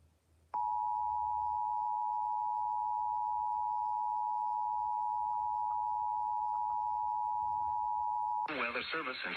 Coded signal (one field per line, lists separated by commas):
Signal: Emergency Alert System (SAME) tones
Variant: 853 and 960 Hz attention tone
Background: speech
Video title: EAS Tornado Warning #3 3/14/25 (Credit Goes To @SouthernPennsylvaniaWX & @KanawhaCountyWX)